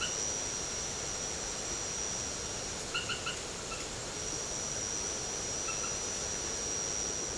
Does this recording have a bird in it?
no